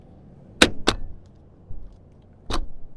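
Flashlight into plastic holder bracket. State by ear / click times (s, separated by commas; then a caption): seated / 0.6 s. A flashlight is pushed into a plastic holder bracket and pops in with a sharp click at 0.6 s. A second, quieter snap follows at about 0.9 s, and another softer knock comes near 2.5 s. The flashlight is seated in the bracket.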